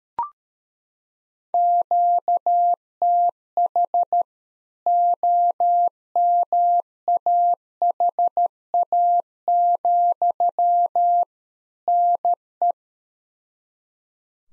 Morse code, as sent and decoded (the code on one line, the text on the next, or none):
--.- - .... / --- -- .- .... .- --..-- / -. .
QTH OMAHA, NE